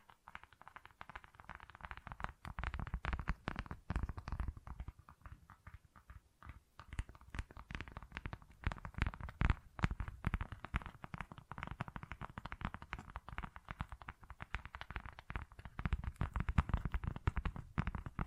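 Tapping and scratching textures play as a dense, uneven run of quick taps and rough scratches with no steady rhythm. The sounds are mostly low and muffled, with a softer stretch around six seconds before the activity picks up again and continues to the end.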